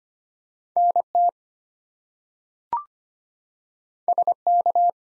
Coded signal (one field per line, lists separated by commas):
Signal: Morse code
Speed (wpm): 25 wpm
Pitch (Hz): 700 Hz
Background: none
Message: NT SK